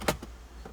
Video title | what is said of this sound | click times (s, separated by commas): Radio Installation - Audi TT 2007-2015 - Sony Carplay Radio - Enfig Radio Installation Products | that snaps right in let | 0.1 s